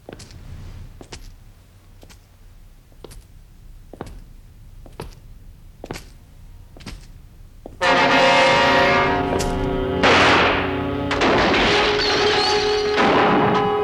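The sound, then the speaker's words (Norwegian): Gunshots from a .38 caliber revolver, about eight sharp cracks fired at a steady pace roughly a second apart, then a loud sustained, tonal wash of sound takes over. No one speaks. “Jeg tror, ja, det var vel midt og vesten, kaliber 32. Nei, 38.”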